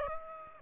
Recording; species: mosquito wingbeat signal from an infrared sensor; Aedes aegypti